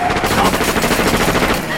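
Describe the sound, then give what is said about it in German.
A rapid string of sharp revolver shots, fired by Sir Graham at the rear wheel of a car, cracks out in quick succession, loud and steady for under two seconds, the bangs blurring into a continuous volley. “Haben Sie einen Revolver, Sir Graham?”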